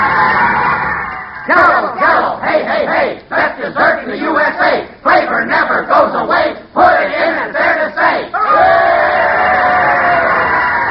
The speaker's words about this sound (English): Hooray! Ah, listen to those cheers, folks. There must be 18 people here today. There's more than that on the team.